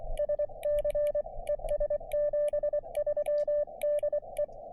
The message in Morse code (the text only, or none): SC ES 73 DE